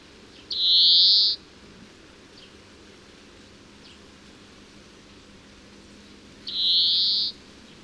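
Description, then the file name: European greenfinch producing two separate nasal buzzing wheezes about six seconds apart, each short and even, with faint hiss between them. "Chloris chloris"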